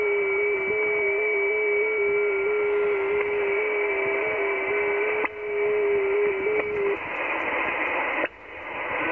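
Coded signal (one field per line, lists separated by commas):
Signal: FT8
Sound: several faint steady warbling tones over radio hiss, ending with static bursts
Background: radio static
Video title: KHΦN, Mariana Is., Pacific Ocean, OC-086, 7MHz, FT8, Worked by HL2WA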